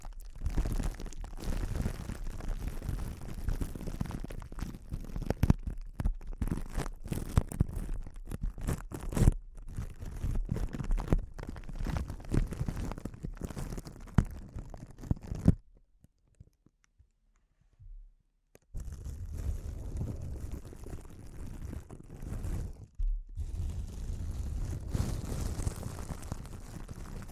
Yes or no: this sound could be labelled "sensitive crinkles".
yes